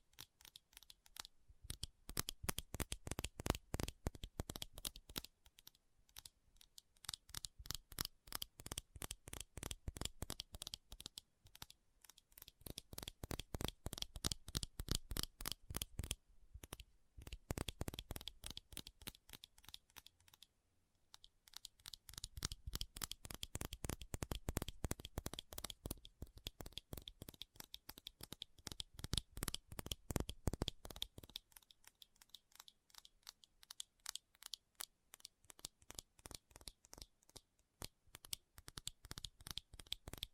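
Fast tapping in dense, rapid bursts of sharp clicks, with brief pauses around 6, 17 and 21 seconds before the quick rhythm resumes.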